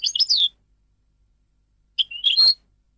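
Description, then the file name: European goldfinch: two brief, bright twittering calls of a finch-like songbird, about one and a half seconds apart, in otherwise quiet surroundings. "audio burung goldfinch"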